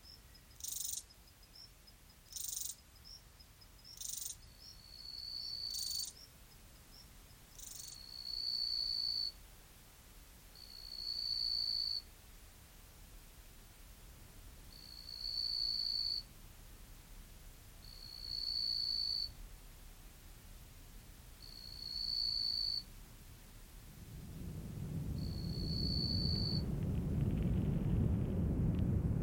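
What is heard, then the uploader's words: A Namib desert soundscape of repeated insect-like chirps every few seconds, with brief bright clicks early on and low rumbling rising near the end. African Desert is a collection of soundscapes recorded in the Namib desert.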